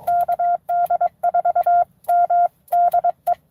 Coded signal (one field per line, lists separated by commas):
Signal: Morse code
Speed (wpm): 22 wpm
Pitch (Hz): 700 Hz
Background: none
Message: KD4M DE